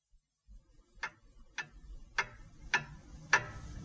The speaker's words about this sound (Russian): А тем временем в городе у нас дома все тикают да тикают часы, отмеривают время.